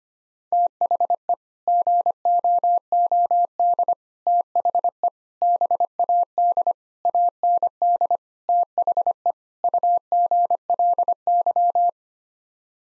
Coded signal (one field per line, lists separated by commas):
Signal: Morse code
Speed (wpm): 25 wpm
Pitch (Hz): 700 Hz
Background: none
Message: THE GOOD THE BAD AND THE UGLY